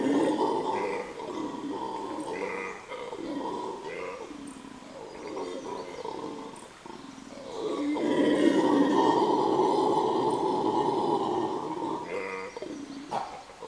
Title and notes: MONOS AULLADORES DE LA SIERRA NEVADA. son las 10 am en el sector de Quebrada Valencia y los monos aulladores nos dan la bienvenida de forma muy cercana